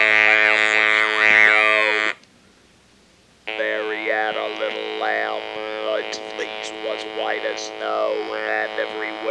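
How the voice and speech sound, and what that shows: Flat, buzzy, robotic monotone voice reciting a nursery rhyme: electrolarynx speech, an artificial voice replacing the larynx.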